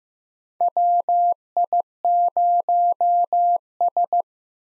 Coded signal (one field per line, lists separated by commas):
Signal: Morse code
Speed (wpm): 15 wpm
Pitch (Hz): 700 Hz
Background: none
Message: WI0S